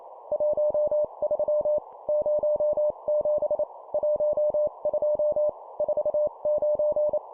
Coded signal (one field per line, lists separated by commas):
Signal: Morse code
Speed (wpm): 28 wpm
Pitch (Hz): 600 Hz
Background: none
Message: 13 07 12 49